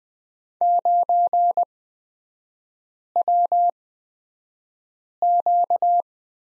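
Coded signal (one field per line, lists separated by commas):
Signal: Morse code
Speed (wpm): 20 wpm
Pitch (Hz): 700 Hz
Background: none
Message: 9WQ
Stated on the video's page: Morse code course lesson on the period with three-character groups, Farnsworth speed 20/10 wpm.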